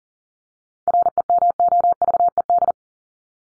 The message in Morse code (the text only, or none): REMOVED